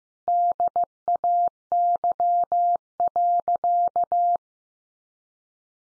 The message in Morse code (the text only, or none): DAY.